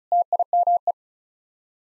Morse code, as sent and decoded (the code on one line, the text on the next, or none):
- .. -- .
TIME